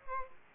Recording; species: mosquito wingbeat signal from an infrared sensor; Aedes aegypti